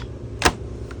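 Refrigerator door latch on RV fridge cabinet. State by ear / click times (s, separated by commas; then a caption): seated / 0.9 s. A refrigerator door on an RV fridge cabinet is pushed closed, with a louder broadband burst around 0.5 s followed by a short, sharp latch click at 0.9 s. The latch catches and the door is shut, latched and sealed, since the click is what confirms it is properly closed.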